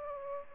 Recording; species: mosquito wingbeat signal from an infrared sensor; Aedes aegypti